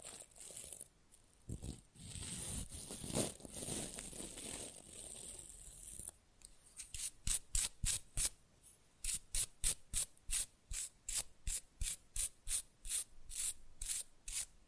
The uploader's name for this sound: Fast & Rough Nail Filing + Tapping